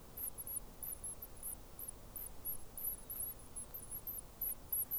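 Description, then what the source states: Rock wren chicks producing very high, thin squeaky begging notes in uneven bursts, a short gap near the start, over a faint low hum. Rock wren chicks begging; New Zealand native bird.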